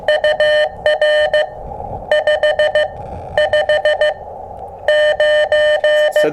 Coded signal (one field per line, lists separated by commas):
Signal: Morse code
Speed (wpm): 14 wpm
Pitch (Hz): 600 Hz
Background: none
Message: UR 5 5 9